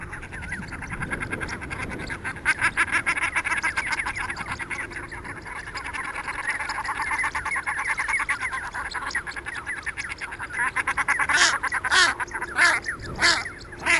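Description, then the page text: Common shelduck calls in long runs of quick, harsh, repeated notes, growing louder and more ragged near the end. "Marco Dragonetti - Пеганка (Tadorna tadorna)"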